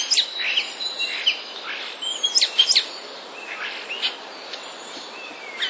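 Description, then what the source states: Common starling mimicking song, a jumble of sharp clicks, chips and brief whistled slurs, rising and falling phrases tumbling quickly one after another. Starling song made of borrowings from passerine species.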